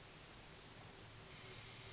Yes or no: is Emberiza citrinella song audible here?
no